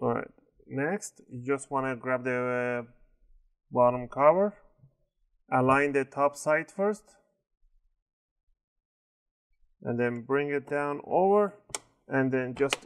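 Someone talks while handling the plastic bottom cover of an Acer Switch 3 N17h1 laptop during a battery replacement, lining it up with the top edge of the chassis first and bringing it down into position. Only speech with short pauses is heard. Nothing has seated or clicked yet; the corners have not been pressed to snap the clips in.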